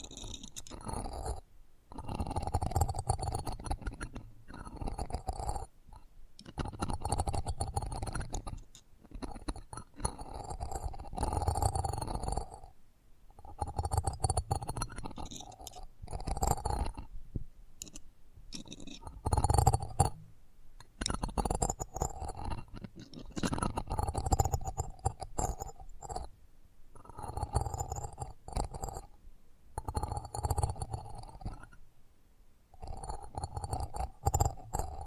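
Close-up ASMR mic treatment: soft rubbing and brushing sounds come in bursts of one to three seconds, separated by brief silences. Each burst is dominated by a deep, muffled rumble, with faint crinkly, scratchy detail on top, and the pattern repeats throughout.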